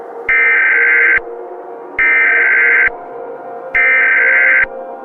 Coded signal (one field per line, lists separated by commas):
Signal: Emergency Alert System (SAME) tones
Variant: header bursts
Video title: THE SKIN TWISTERS//EAS SCENARIO.